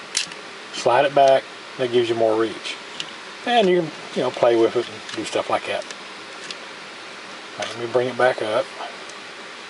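Someone talks while handling a plastic toy zord limb on a toy megazord body, bringing the part back up before pushing it in to lock. A steady background hiss sits under the voice, with a few light handling taps. Nothing has seated or clicked into place yet.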